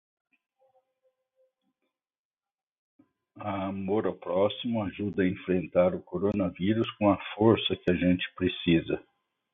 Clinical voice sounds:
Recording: spoken sentence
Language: Brazilian Portuguese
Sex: male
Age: 60 to 69 years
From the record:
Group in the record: control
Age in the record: 67 years

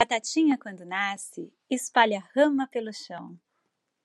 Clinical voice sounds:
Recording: short text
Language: Brazilian Portuguese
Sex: female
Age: 50 to 59 years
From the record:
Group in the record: control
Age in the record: 51 years

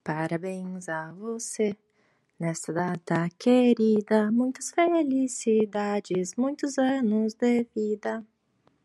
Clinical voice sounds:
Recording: short text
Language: Brazilian Portuguese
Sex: female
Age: 20 to 29 years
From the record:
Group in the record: control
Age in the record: 28 years

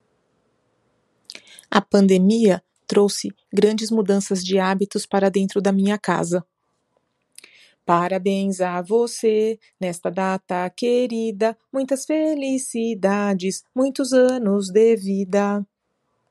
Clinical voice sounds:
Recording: short text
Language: Brazilian Portuguese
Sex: female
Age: 40 to 49 years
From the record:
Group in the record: control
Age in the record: 47 years

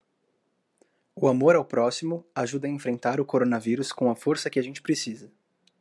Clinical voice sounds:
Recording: spoken sentence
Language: Brazilian Portuguese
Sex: male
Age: 20 to 29 years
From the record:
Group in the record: control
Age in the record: 20 years

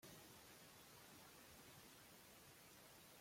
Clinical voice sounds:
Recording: short text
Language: Brazilian Portuguese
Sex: male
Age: 30 to 39 years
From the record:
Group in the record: control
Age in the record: 38 years

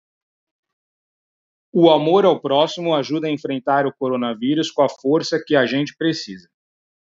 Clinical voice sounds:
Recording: spoken sentence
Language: Brazilian Portuguese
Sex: male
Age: 40 to 49 years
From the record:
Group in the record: control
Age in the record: 41 years

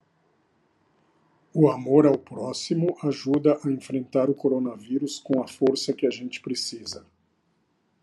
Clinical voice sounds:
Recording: spoken sentence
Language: Brazilian Portuguese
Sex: male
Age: 60 to 69 years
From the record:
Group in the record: control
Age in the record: 63 years

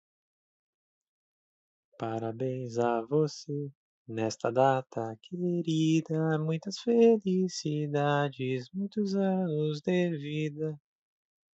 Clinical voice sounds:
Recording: short text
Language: Brazilian Portuguese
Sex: male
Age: 20 to 29 years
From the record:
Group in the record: control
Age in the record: 26 years

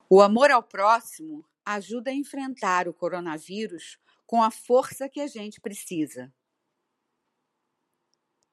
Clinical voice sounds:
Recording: spoken sentence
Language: Brazilian Portuguese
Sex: female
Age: 50 to 59 years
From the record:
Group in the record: control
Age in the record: 56 years

